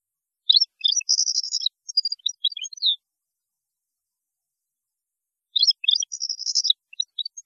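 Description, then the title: European goldfinch song in two bursts: fast liquid twitter with a short buzzy trill, a long silent gap, then the twittering phrase again. "Chant Chardonneret"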